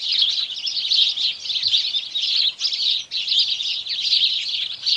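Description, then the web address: House sparrows chirping in a dense chorus, a steady wash of overlapping cheeps with two brief dips in loudness around the middle. Morning chorus of house sparrows. "BBC Sparrows"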